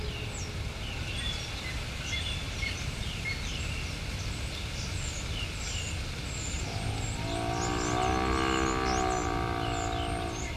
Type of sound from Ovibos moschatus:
call